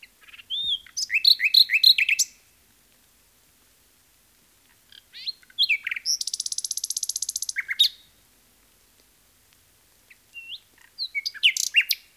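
Common nightingale singing varied phrases: a chattering burst, a long rapid high trill, then sharp notes after a pause.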